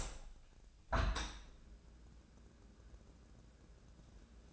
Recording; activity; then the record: daily activity, microphone in the room; open window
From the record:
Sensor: 2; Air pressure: 1012.2 hPa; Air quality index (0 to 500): 131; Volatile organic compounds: 1 ppm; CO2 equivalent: 965 ppm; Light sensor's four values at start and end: 181/437/183/192 and 182/437/184/194